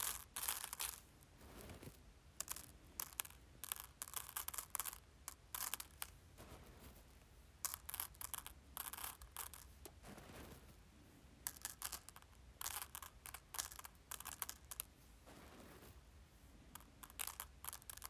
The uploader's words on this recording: ASMR Playing with Rice.